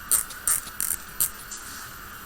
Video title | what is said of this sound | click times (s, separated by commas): How to make a Christmas Tree Topper Bow, Traditional Silver & Gold | And we're going to tighten it. And you tighten it as much as you can so you don't hear it click no more. | 0.5 s, 0.8 s, 0.9 s, 1.2 s